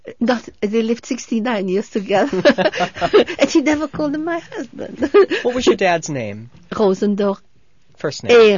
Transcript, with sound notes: They lived sixty-nine years together. ( they laugh) And she never called him 'my husband.'
What was your dad's name?
Rosendor.
First name.